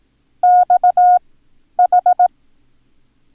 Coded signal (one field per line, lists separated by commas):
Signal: Morse code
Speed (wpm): 18 wpm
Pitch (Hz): 720 Hz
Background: none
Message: XH